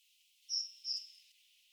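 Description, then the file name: Great tit call of two high, thin whistled notes in quick succession, the second trailing off into a faint drawn-out tone over a light hiss. "Parus major"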